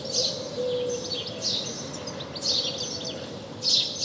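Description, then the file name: House sparrow chirps in short bright bursts, about one each second, over steady background hiss, with a faint low tone drifting beneath. "Passer domesticus"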